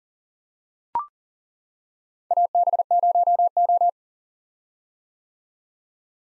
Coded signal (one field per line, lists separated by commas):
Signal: Morse code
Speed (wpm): 40 wpm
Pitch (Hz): 700 Hz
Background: none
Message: AB0O